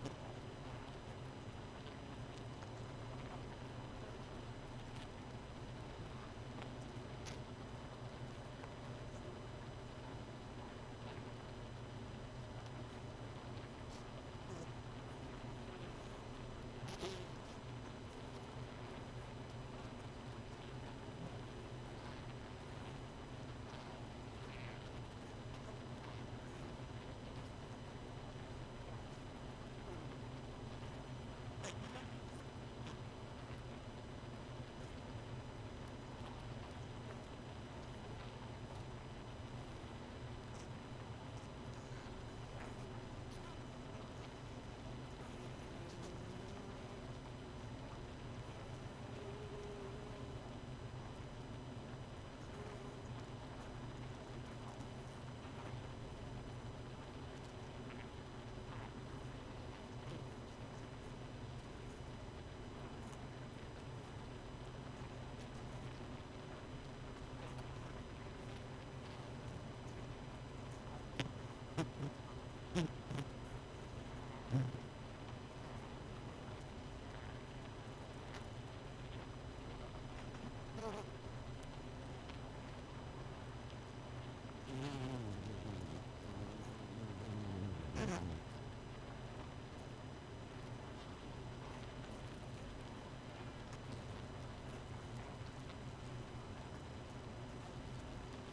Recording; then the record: honeybee colony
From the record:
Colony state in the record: missing queen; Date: 31 May 2018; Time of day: 0:14